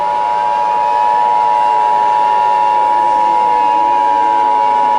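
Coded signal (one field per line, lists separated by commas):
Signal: Emergency Alert System (SAME) tones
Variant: 853 and 960 Hz attention tone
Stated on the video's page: Fictional EAS scenario set in Portland.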